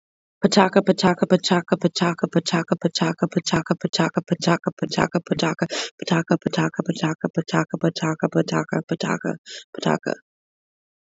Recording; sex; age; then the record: repeated syllables /pa ta ka/; female; 20 to 29 years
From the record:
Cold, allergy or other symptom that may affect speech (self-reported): no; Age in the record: 29 years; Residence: United States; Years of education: 14